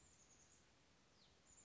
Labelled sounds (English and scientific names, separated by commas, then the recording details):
Chestnut-backed Chickadee (Poecile rufescens)
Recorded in Sonoma County, California